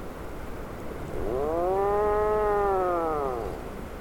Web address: sound Atlantic-puffin. صدای-پرنده-پافین-اطلس